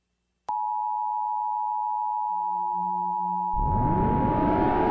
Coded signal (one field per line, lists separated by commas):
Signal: Emergency Alert System (SAME) tones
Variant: 853 and 960 Hz attention tone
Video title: *VALID TONES* EAS Christmas Scenario: Evil Santa